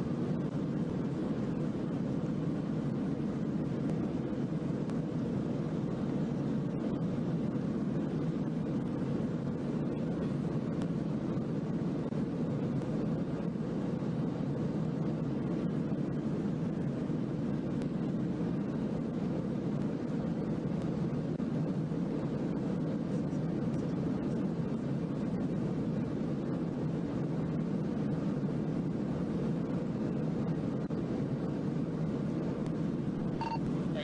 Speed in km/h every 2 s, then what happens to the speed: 238, 241, 241, 241, 241, 241, 241, 241, 241, 241, 241, 241, 241, 241, 241, 241, 241.
0-34 steady at about 241.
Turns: none.